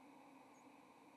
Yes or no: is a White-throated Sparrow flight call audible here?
no